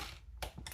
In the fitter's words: after two clicks of the the impact